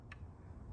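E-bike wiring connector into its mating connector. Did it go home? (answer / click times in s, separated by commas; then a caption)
yes / 0.1 s. An e-bike wiring connector on an Ariel Rider X Class 52v Step Through is lined up tooth to tooth with its mating half and pushed together. A single short, sharp click sounds at 0.1 s over a steady low background rumble. The connector snaps in and is seated.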